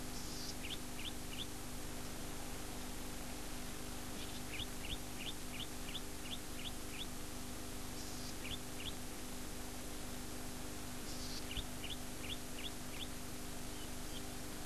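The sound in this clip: Golden-headed cisticola repeating its song: a buzzy wheeze, then a series of quick rising notes, four phrases in all, over a steady low hum.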